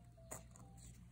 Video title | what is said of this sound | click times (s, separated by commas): Super quick attaching zipper pull demo | Now I'm gonna enter that, feel a little click, and | 0.3 s